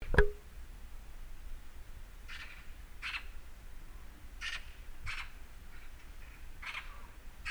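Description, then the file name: Eurasian magpie giving harsh, rasping calls, single noisy bursts spaced about a second apart, after a sharp knock at the start. "Pica pica"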